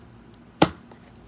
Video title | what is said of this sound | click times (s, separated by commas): How to INSTALL a belt on a Hoover Dual power steam cleaner FH50900 | you hear it click back in | 0.6 s